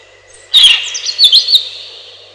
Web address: relax birds малиновка